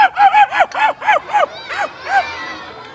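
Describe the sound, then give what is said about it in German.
A man, a professional animal-voice imitator, imitates a barking dog with a quick run of about nine sharp, yelping barks, each rising and falling in pitch, spaced fairly evenly and fading slightly toward the end. “Ein Hund, ja, das ist ein Hund, ja.”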